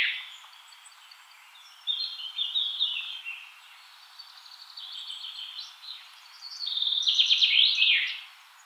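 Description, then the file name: Common chaffinch song: three bright trilled phrases, the last loudest and ending in a flourish, over steady hiss. "Fringilla coelebs"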